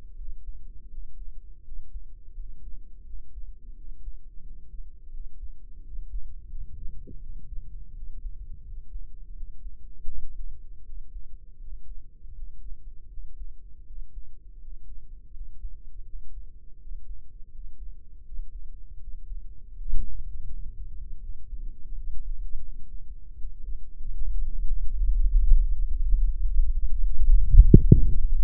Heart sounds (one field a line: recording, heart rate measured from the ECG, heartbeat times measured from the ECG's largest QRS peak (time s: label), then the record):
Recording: heart sounds by microphone in the left ear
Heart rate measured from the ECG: 82 bpm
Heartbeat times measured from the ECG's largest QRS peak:
0.15 s: heartbeat
0.88 s: heartbeat
1.63 s: heartbeat
2.34 s: heartbeat
3.04 s: heartbeat
3.75 s: heartbeat
4.41 s: heartbeat
5.11 s: heartbeat
5.82 s: heartbeat
6.49 s: heartbeat
7.20 s: heartbeat
7.93 s: heartbeat
8.63 s: heartbeat
9.34 s: heartbeat
10.08 s: heartbeat
10.84 s: heartbeat
11.59 s: heartbeat
12.33 s: heartbeat
13.08 s: heartbeat
13.85 s: heartbeat
14.59 s: heartbeat
15.31 s: heartbeat
16.05 s: heartbeat
16.78 s: heartbeat
17.49 s: heartbeat
18.23 s: heartbeat
18.98 s: heartbeat
19.75 s: heartbeat
20.48 s: heartbeat
21.20 s: heartbeat
21.92 s: heartbeat
22.61 s: heartbeat
23.36 s: heartbeat
24.15 s: heartbeat
24.92 s: heartbeat
25.69 s: heartbeat
26.45 s: heartbeat
27.16 s: heartbeat
27.90 s: heartbeat
From the record:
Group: healthy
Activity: rest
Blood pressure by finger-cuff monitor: 104/69 mmHg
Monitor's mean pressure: 77 mmHg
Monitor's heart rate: 81 bpm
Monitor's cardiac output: 5.7 L/min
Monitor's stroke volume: 70 mL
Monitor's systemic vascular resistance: 1000 dyn s/cm5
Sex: male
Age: 22 years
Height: 181 cm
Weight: 60 kg